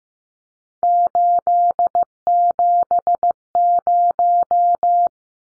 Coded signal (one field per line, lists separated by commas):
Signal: Morse code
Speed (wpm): 16 wpm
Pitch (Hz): 700 Hz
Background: none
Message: 870